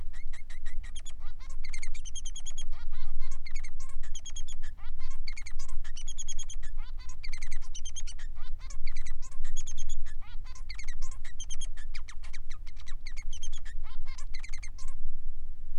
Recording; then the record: song of a male Bengalese finch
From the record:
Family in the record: son of father 3